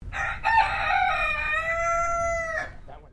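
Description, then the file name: Chicken (Silkie): chicken crowing: one rooster crow lasting about two and a half seconds, harsh and rich in harmonics, opening raspy then holding a steady drawn-out tone before breaking off, a soft note after. Chinese Silkie rooster crowing. "BIRD ROOSTER CHINESE SILKIE CROW"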